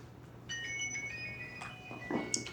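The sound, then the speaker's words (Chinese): A mobile phone left switched on during a class rings, its ringtone playing a simple electronic melody of high, steady beeping tones over a low background hum, with a few soft rustling sounds near the end. “那这个，哎，对了，我这样子手机不关，人家说不定还再继续打来呢，要真的把它全关才行。”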